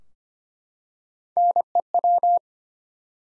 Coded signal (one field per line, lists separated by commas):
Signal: Morse code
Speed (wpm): 25 wpm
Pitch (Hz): 700 Hz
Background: none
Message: NEW